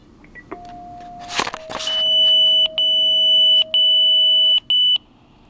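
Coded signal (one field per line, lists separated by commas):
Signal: pager alert tone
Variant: Motorola Minitor V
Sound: high steady beep around 3 kHz, briefly interrupted three times, with low hum underneath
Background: small room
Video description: Along with standard and continuous alert for your Motorola Minitor V pager there are 8 other different selections. This is choice number 1.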